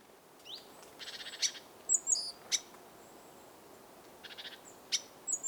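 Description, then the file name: Great tit call: two harsh, buzzy churring bursts a few seconds apart, with sharp high chip notes and thin whistles between them, over faint hiss. "Parus major"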